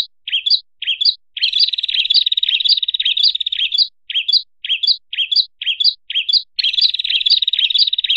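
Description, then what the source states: Bird song alternating bright, rising chirps with sustained rattling high trills, the pattern repeating throughout with clean silence between phrases. Masteran training recording of bird sound for teaching songbirds.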